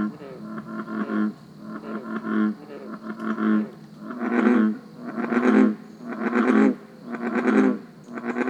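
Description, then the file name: American bullfrog calling in a regular series of low, buzzy croaks roughly every second, growing louder toward the end. "Grenouille taureau"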